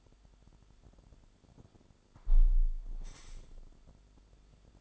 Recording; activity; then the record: daily activity, microphone in the room; close window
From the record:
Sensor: 5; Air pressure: 1006.6 hPa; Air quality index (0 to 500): 194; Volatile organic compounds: 6 ppm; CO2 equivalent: 1852 ppm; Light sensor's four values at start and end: 56/160/62/63 and 56/160/62/63